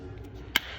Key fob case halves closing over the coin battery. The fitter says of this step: make sure it clicks